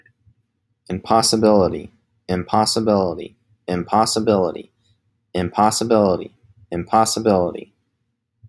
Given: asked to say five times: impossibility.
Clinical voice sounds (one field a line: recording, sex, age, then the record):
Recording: repeated word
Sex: male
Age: 20 to 29 years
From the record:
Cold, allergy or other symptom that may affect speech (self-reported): no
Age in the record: 28 years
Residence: New Jersey, United States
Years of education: 14